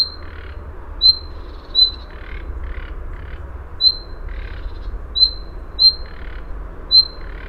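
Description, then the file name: Common nightingale calls: short, thin, upslurred whistles repeated irregularly, with rougher, lower chattering notes between them over a steady low rumble. "Luscinia megarhynchos"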